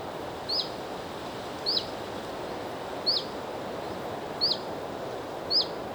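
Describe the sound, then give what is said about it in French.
A steady, airy rush of wind moving through vegetation, with five short, high bird chirps at roughly even intervals above it. “Et en fait, le bruit du vent est une conséquence.”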